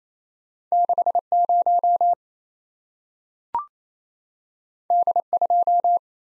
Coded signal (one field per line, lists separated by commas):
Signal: Morse code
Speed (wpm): 28 wpm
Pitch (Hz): 700 Hz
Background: none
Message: 60 D2